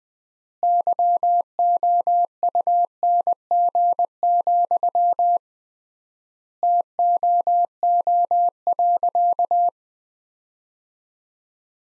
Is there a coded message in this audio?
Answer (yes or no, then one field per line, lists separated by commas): yes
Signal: Morse code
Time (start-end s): 0.6-9.7 s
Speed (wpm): 21 wpm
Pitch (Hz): 700 Hz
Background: none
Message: YOUNG, TOO.